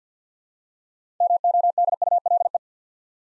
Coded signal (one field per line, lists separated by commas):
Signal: Morse code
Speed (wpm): 50 wpm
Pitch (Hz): 700 Hz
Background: none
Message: MODULE